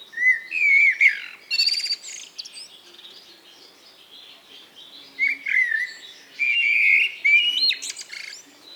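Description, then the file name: Eurasian blackbird singing mellow fluted phrases with rising and falling whistles, broken by short gaps, with sharp high chirps and twitters. "Turdus merula"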